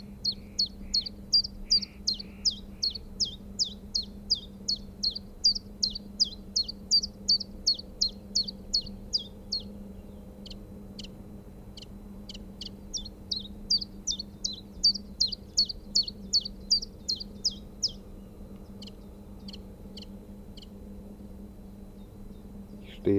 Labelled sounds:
Willow Warbler
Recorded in the wild
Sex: male
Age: adult
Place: Hallthurm, Bayern, DE
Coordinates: 47.7, 12.9333
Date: 1964-07-01
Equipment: LGS26
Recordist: Stumbrat

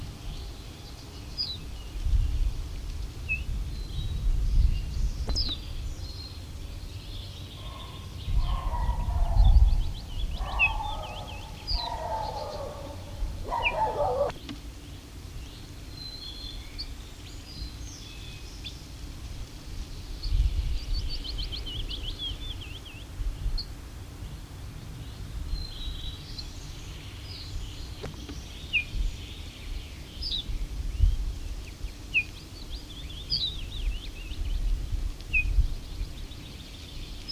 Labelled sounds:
Ortolan Bunting
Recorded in the wild
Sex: male
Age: adult
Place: Schloß Holte-Stukenbrock, Senne, Nordrhein-Westfalen, DE
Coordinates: 51.8667, 8.66667
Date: 1972-05-22
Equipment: Uher 4200 Report Stereo, Bändchenmikro Beyer M 260, Parabolspiegel Polyester (600 mm)
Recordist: Conrads, Klaus
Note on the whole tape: Hof Anspöhler (Furlbach-Gebiet). Männchen: warnend und Gesang

